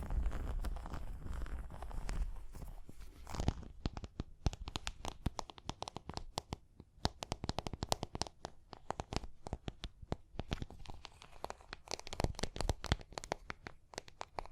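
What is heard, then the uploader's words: Tapping and scratching with dense, irregular sharp clicks and scrapes throughout. The first three seconds carry a rougher, rumbling scratch with low noise underneath, then the sound turns into rapid dry taps, thinning around the middle and growing busier again near the end. Tapping and Scratching (No Talking).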